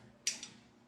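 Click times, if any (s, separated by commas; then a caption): 0.3 s. A torque wrench tightens another stem bolt on a Schwinn Women's Aluminum Comp mountain bike to 6 Nm, and the wrench gives a sharp click at 0.3 s, followed by a softer tick at 0.4 s. The bolt is confirmed at the set torque.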